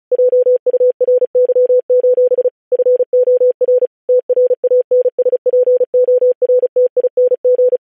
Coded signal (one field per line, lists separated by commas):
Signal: Morse code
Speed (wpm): 36 wpm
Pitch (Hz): 500 Hz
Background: none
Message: JURY: FOR TRANSPORTING